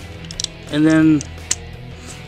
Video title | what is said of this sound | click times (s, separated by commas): generations blurr review | push it and squeeze it until you hear that snapping | 0.4 s